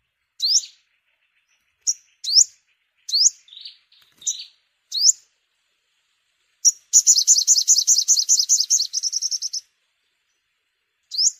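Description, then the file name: Sunbird calls: sharp, high upswept chips repeated at uneven intervals, then a fast buzzy trill lasting about three seconds before one more chip. Vietnamese name: hút mật 5 màu, the five-colour sunbird. "tieng-hut-mat-5-mau-liu"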